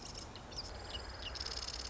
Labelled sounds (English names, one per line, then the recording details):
Marsh Wren
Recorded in Sonoma County, California